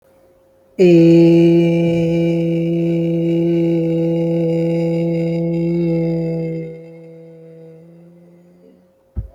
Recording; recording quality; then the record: sustained vowel as in made; excellent, no background noise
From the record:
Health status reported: healthy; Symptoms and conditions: none ticked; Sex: male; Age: 32 years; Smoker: not ticked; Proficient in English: no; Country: India